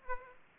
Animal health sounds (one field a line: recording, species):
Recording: mosquito wingbeat signal from an infrared sensor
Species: Aedes aegypti